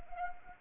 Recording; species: mosquito wingbeat signal from an infrared sensor; Anopheles arabiensis